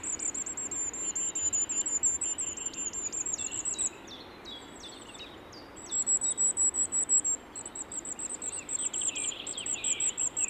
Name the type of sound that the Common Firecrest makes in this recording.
song